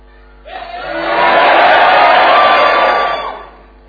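An audience, addressed as patients, bursts into a loud collective shout on cue to wake a supposed sleepwalker, swelling quickly into a sustained roar of many voices that holds for about two seconds before fading away.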